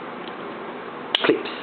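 A plastic part is pressed into a Tamiya Mini 4WD AR model car chassis against a steady background hiss. A single sharp click at 1.2 seconds is followed by a softer, brief rattle, and the part clips in and seats.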